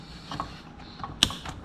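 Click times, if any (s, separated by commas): 1.2 s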